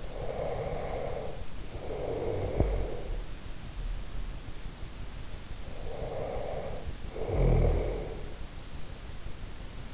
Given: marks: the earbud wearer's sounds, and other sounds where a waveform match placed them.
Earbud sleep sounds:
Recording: sounds in sleep by an in-ear microphone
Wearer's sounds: breath, snoring breath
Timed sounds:
0.00-3.17 s: breath
5.77-8.54 s: snoring breath

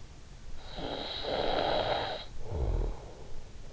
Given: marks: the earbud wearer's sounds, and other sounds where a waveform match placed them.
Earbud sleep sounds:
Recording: sounds in sleep by an in-ear microphone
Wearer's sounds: snoring breath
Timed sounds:
0.10-3.72 s: snoring breath

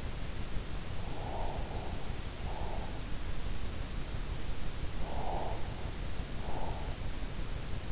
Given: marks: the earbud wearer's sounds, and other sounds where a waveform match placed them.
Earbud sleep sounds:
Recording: sounds in sleep by an in-ear microphone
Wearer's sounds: breath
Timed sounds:
1.17-2.78 s: breath
5.15-6.72 s: breath

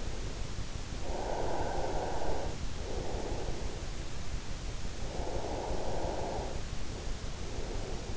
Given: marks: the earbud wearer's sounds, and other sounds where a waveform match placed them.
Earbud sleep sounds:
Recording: sounds in sleep by an in-ear microphone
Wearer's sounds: breath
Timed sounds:
1.09-3.54 s: breath
5.05-8.17 s: breath

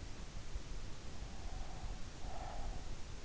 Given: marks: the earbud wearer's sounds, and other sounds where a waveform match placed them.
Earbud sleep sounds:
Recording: sounds in sleep by an in-ear microphone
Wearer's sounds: breath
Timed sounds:
1.12-3.01 s: breath

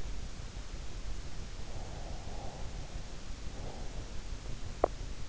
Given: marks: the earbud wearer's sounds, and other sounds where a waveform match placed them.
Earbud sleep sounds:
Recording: sounds in sleep by an in-ear microphone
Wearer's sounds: breath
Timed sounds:
1.48-4.41 s: breath
4.70-5.03 s: sound from someone else or the room

